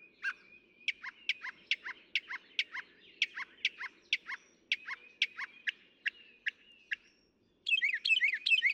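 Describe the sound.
Northern mockingbird delivering a long run of many rapid clipped notes, then switching to a harsh, scratchy phrase at the end.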